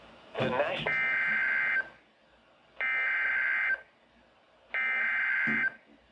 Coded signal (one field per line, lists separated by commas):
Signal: Emergency Alert System (SAME) tones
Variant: header bursts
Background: speech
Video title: July 5th EAS Severe Thunderstorm Warnings In Wisconsin